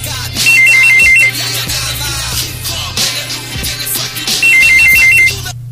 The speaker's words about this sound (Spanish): Ah, nos están llamando por teléfono.